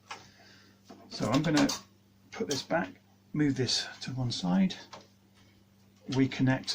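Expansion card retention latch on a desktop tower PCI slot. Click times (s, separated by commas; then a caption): 0.1 s. A plastic retention latch on a tool-less Dell T5400 desktop tower closes over the bracket of a PCI expansion card fitted into its slot with no screws, giving one sharp click at 0.1 s as it seats. Someone then talks.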